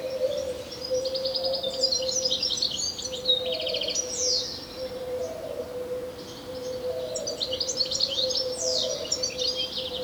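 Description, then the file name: European Goldfinch calls, clustered buzzy trills and descending slurred chirps in several bursts, with a persistent low droning tone throughout. "Carduelis carduelis"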